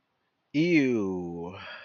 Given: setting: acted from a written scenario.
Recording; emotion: vocal sound without words; disgust